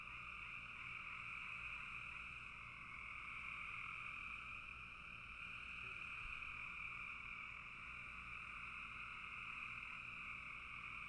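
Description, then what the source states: Chorus of frogs, rapid overlapping pulses fused into a steady buzzing drone in two pitch bands, gently swelling and easing over eleven seconds. Frogs calling in a bog.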